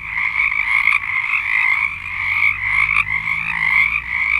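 Frogs in full chorus, a continuous mass of trilled calls with small surges in loudness.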